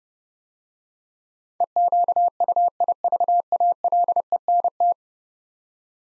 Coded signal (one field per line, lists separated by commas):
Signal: Morse code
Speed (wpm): 31 wpm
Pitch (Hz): 700 Hz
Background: none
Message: EQUIVALENT